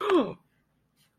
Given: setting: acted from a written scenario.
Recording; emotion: vocal sound without words; realization